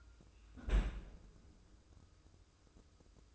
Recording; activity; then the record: daily activity, microphone in the room; close fridge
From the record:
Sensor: 2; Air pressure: 995.1 hPa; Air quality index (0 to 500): 67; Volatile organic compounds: 2 ppm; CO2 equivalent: 1161 ppm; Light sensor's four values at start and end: 18/57/22/22 and 18/57/22/22